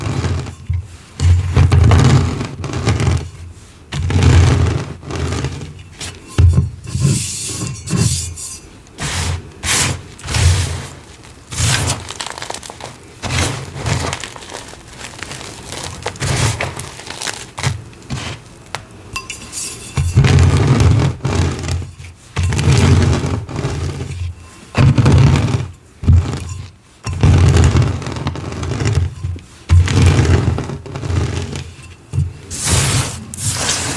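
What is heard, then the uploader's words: Gym chalk shards are crushed and crunched under a rolling pin in a dense, continuous run of gritty crackles and grinding rubs. The strokes come in irregular bursts with brief pauses, bright crisp snaps over a low rolling rumble, louder near the start and again after twenty seconds. Glassy Crunchy Gym Chalk Shards & Rolling Pin Crushes.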